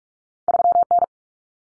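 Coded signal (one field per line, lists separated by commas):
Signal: Morse code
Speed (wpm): 44 wpm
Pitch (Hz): 700 Hz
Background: none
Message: 3N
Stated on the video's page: Morse code drill of common two-digit cut numbers at 45 wpm for head-copy, cut letters T, A, N for 0, 1, 9.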